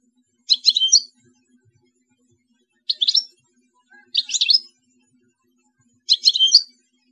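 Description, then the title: European goldfinch song fragments: four short bursts of high twittering notes, each about half a second long, separated by pauses. "Chant Chardonneret"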